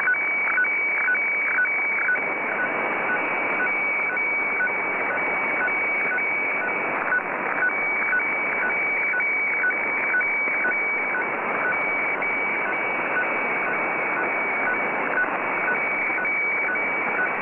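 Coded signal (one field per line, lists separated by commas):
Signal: weather fax (radiofax)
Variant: 120 lines per minute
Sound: steady high tone with a short lower blip twice a second, over hiss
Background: radio static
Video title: JFW Fukushima Prefecture Fisheries Radio (Japan) (tentative) - 6414.5 kHz (FAX)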